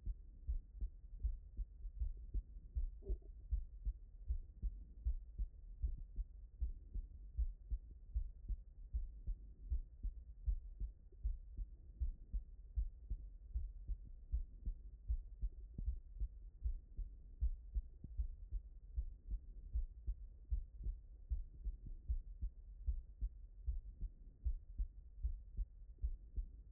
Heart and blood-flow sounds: heart sounds by stethoscope; tricuspid valve (TV)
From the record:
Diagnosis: non-HFrEF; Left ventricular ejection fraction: 60%

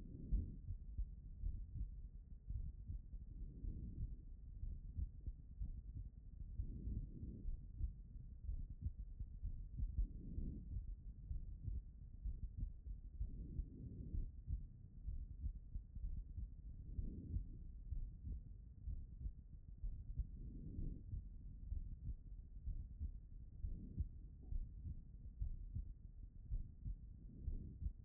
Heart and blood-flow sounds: heart sounds by stethoscope; pulmonary valve (PV)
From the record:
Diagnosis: non-HFrEF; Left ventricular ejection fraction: 66%

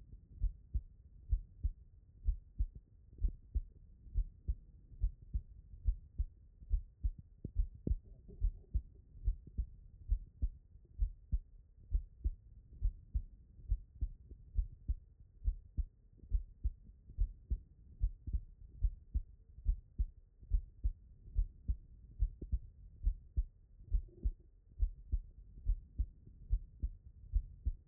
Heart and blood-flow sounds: heart sounds by stethoscope; pulmonary valve (PV)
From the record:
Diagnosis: non-HFrEF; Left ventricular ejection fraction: 63%

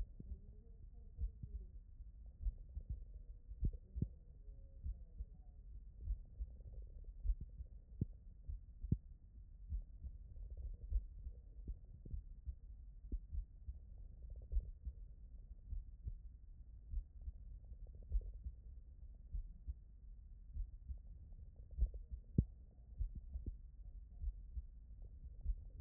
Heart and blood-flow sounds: heart sounds by stethoscope; tricuspid valve (TV)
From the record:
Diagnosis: non-HFrEF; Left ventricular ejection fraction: 62%

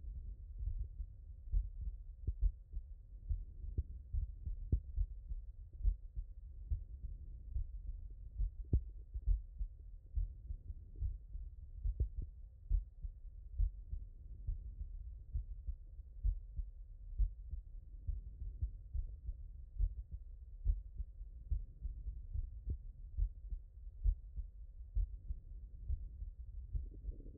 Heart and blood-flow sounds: heart sounds by stethoscope; tricuspid valve (TV)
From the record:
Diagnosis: non-HFrEF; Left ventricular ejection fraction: 71%

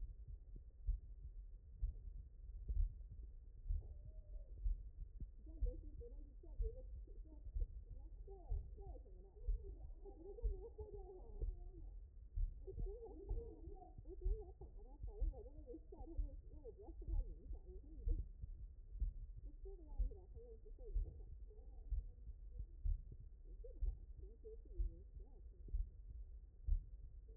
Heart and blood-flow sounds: heart sounds by stethoscope; mitral valve (MV)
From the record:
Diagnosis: non-HFrEF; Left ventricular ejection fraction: 62%

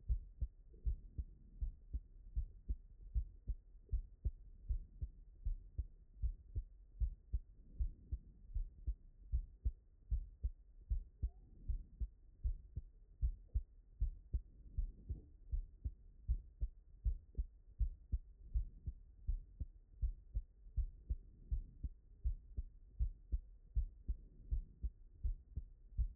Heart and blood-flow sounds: heart sounds by stethoscope; tricuspid valve (TV)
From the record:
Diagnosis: non-HFrEF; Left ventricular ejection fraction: 65%

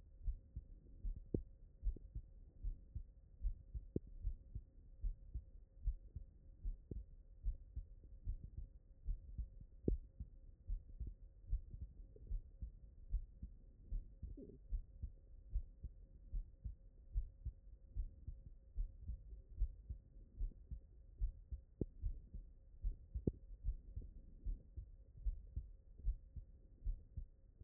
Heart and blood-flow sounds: heart sounds by stethoscope; tricuspid valve (TV)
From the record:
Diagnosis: non-HFrEF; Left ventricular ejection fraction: 60%

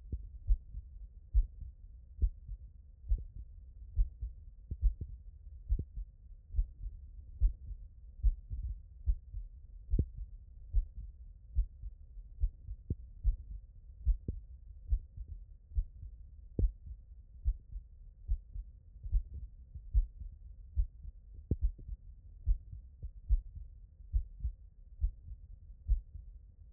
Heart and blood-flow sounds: heart sounds by stethoscope; tricuspid valve (TV)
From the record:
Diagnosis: non-HFrEF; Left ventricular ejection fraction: 55%

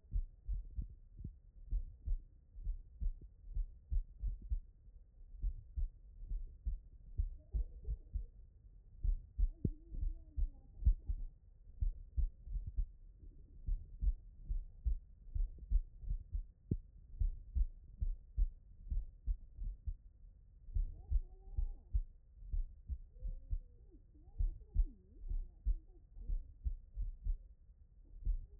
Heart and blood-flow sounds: heart sounds by stethoscope; tricuspid valve (TV)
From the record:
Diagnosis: HFrEF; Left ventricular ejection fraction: 29%

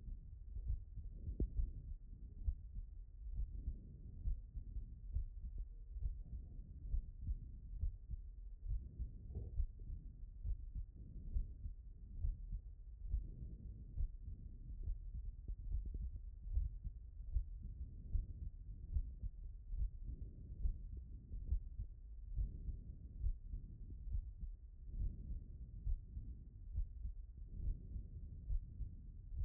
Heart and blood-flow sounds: heart sounds by stethoscope; pulmonary valve (PV)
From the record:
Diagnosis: non-HFrEF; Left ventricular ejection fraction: 60%

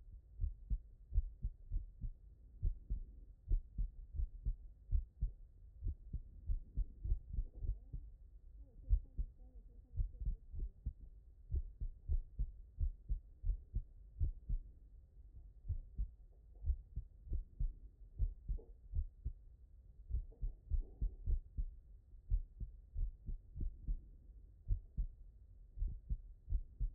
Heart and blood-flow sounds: heart sounds by stethoscope; tricuspid valve (TV)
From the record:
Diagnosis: non-HFrEF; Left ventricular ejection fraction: 67%

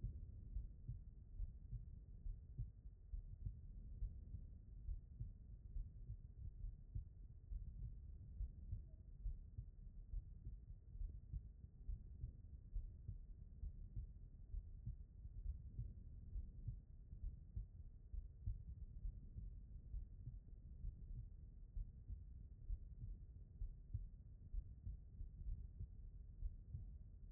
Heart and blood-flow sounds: heart sounds by stethoscope; aortic valve (AV)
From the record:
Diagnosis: non-HFrEF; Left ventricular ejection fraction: 65%

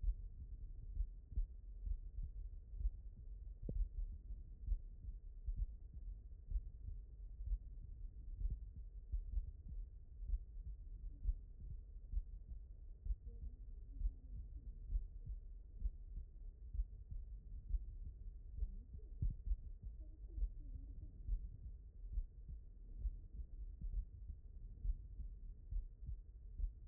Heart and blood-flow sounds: heart sounds by stethoscope; aortic valve (AV)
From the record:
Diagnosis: non-HFrEF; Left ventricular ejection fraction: 68%

